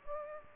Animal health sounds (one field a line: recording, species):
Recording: mosquito wingbeat signal from an infrared sensor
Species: Aedes aegypti